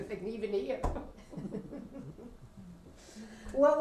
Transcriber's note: she laughs